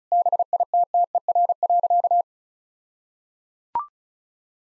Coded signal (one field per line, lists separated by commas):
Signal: Morse code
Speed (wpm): 34 wpm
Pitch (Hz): 700 Hz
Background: none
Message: BITTER.